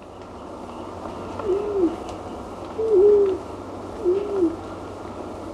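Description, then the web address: White-throated quail-dove giving three low, mournful hoots, evenly spaced, over a continuous hiss. Recorded in Ecuador. "Birds of Ecuador. White-throated Quail-Dove"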